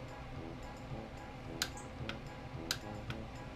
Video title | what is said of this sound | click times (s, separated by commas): FZ 09 Oil Change | hear click how you know you're there that's 43 | 2.7 s